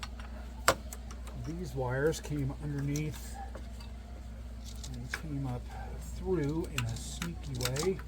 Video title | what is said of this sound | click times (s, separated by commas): Ford Triton 5.4 Liter Thermostat Manifold Gasket Replacement | got the thermostat housing right here we're going to pop into place | 0.7 s